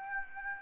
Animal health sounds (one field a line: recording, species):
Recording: mosquito wingbeat signal from an infrared sensor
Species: Aedes aegypti